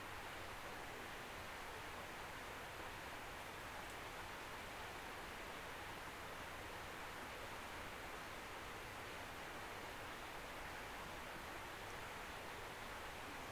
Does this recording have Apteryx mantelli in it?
no